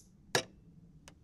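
A click-type torque wrench under a cinderblock load has its load point moved down, and it clicks over at its setting with a sharp tick at 0.4 s, followed by a fainter tick at 1.1 s. The click is confirmed.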